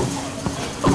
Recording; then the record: coughing mixed with background sound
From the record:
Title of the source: Spring Allergy Coughing